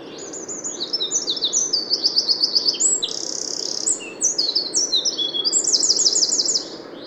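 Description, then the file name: Eurasian wren song: a long, vigorous outpouring of very high notes, quick rattling trills and a sustained buzzy trill, rushing on for about six seconds. "Troglodytes troglodytes"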